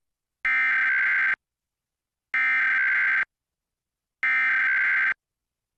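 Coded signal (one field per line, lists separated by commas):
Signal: Emergency Alert System (SAME) tones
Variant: header bursts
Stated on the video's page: National EAS test as relayed in New York City.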